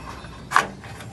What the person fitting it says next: Ayan. Nag-lock, no? Tumunog.